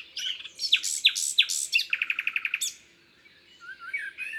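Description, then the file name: Common nightingale song: loud descending whistled notes, then a rapid run of repeated notes, followed by softer warbling phrases after a short pause. Recorded in Isère, France. "Rossignol-philomele-Concerts-naturels-de-l Isere-Studio-Les-Trois-Becs"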